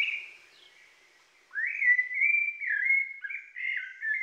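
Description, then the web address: Rufous-bellied thrush giving a brief whistled song: a short opening note, a pause, then a loud, drawn-out series of smooth, slurred whistles. Pantanal, Brazil. "sescpantanal. Sabia laranjeira"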